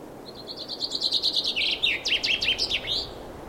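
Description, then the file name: Common chaffinch song: a series of repeated clear notes ending in a flourish, with light background noise. "Fringilla coelebs"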